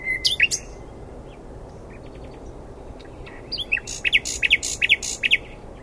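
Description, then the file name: Common nightingale song: a couple of sharp notes and a faint ticking pause, then a brisk series of loud, repeated sweeping chirps. "Luscinia megarhynchos"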